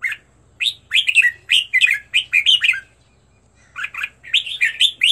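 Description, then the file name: Red-whiskered bulbul sings two bouncy phrases of slurred, whistled notes, separated by about a second of near silence. Used to teach birds to sing, featuring 15 standard song styles. "tieng-luyen-giong-chao-mao-hot-15-giong-chuan"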